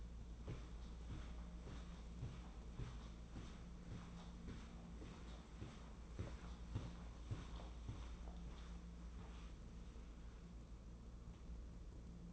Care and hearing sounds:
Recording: daily activity, microphone in the room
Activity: walk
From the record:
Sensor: 1

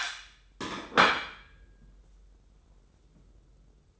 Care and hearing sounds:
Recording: daily activity, microphone in the room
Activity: place plate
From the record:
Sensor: 3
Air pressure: 994.4 hPa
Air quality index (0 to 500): 205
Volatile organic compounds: 1000 ppm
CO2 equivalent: 6814 ppm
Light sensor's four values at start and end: 89/209/86/82 and 89/209/86/82

